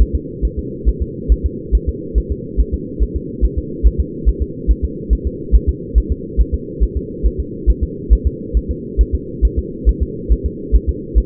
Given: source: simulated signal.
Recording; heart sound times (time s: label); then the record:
fetal heart sounds
0.01 s: S1
0.15 s: S2
0.45 s: S1
0.59 s: S2
0.88 s: S1
1.02 s: S2
1.32 s: S1
1.46 s: S2
1.75 s: S1
1.89 s: S2
2.18 s: S1
2.32 s: S2
2.60 s: S1
2.74 s: S2
3.03 s: S1
3.16 s: S2
3.45 s: S1
3.58 s: S2
3.86 s: S1
4.00 s: S2
4.28 s: S1
4.42 s: S2
4.71 s: S1
4.84 s: S2
5.13 s: S1
5.27 s: S2
5.55 s: S1
5.69 s: S2
5.98 s: S1
6.12 s: S2
6.41 s: S1
6.54 s: S2
6.83 s: S1
6.97 s: S2
7.26 s: S1
7.40 s: S2
7.70 s: S1
7.83 s: S2
8.13 s: S1
8.27 s: S2
8.57 s: S1
8.71 s: S2
9.01 s: S1
9.15 s: S2
9.45 s: S1
9.59 s: S2
9.89 s: S1
10.03 s: S2
10.32 s: S1
10.46 s: S2
10.75 s: S1
10.89 s: S2
11.18 s: S1
From the record:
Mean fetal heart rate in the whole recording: 140 bpm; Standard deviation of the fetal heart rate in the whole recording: 2 bpm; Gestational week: 34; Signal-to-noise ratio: -4.1 dB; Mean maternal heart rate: no maternal heart sound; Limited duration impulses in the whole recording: absent